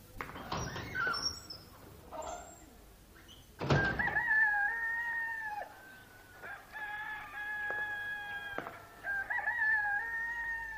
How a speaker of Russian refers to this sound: Сюда лишь идет петухов эстафета.